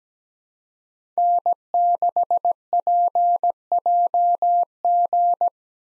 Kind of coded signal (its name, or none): Morse code